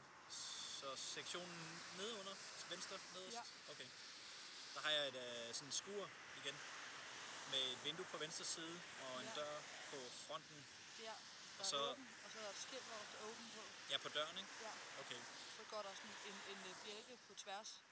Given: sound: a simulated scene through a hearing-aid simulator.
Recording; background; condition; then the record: conversation; traffic; +4 dB SNR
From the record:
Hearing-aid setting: standard clinical setting (NAL); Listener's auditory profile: B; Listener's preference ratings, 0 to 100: 85, 87, 88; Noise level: 75 dB SPL